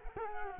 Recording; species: mosquito wingbeat signal from an infrared sensor; Culex quinquefasciatus